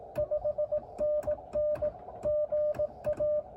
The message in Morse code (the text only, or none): 5NN GA